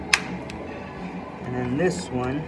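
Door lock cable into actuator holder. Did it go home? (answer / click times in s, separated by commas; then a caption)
yes / 0.1 s. A door lock cable is pushed into its plastic holder on the door lock actuator of a 2015 Lexus RX350 and snaps into place with a loud, sharp click at 0.1 s. A fainter tick follows at 0.5 s, and someone talks through the rest of the clip. The cable is seated.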